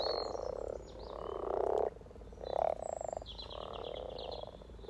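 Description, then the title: Frog chorus of purring croaks in short bursts, with bird song above. Spring chorus of 20 frogs in a sunny garden pond, some floating or sitting on fresh frogspawn, greeting arriving females; Freshfield, Formby, Merseyside, UK, sunny St Patrick's Day, 17 March 2023. "Frog Chorus Spring sounds first Lunch outside St Patrick’s day 17 March 2023 . Freshfield, Formby"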